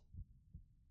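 A woman's heartbeat heard with an ear pressed to her chest: two soft, dull, low thumps about a third of a second apart form a single lub-dub cycle. It is muffled, with no extra sounds or whooshing between beats, and is consistent with a calm, normal heartbeat.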